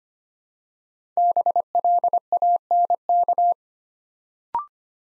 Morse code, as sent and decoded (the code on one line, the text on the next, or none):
-... .-.. .- -. -.-
BLANK